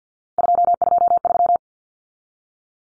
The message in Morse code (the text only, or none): 223